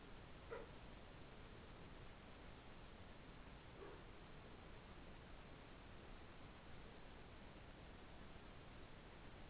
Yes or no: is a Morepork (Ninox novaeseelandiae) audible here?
no